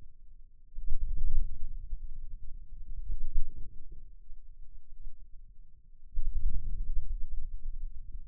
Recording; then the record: forearm muscle sounds (acoustic myography)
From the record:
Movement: wrist flexion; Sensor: system 2, bracelet of six BSWA MPA416 microphones around the upper forearm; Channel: 5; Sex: male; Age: 22 years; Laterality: right